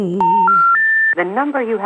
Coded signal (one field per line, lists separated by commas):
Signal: telephone call progress tone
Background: speech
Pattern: special information tone